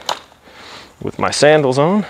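A foot presses the locking tab on the wheel brake lever of an SXTT collapsible folding wagon, making a sharp plastic click at 0.1 s as the brake seats and the wheel locks. Someone then talks.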